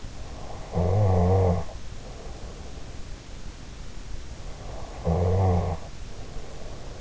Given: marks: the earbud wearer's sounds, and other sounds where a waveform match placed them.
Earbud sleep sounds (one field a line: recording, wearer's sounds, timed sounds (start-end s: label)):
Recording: sounds in sleep by an in-ear microphone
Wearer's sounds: snoring breath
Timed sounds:
0.52-3.17 s: snoring breath
4.59-7.01 s: snoring breath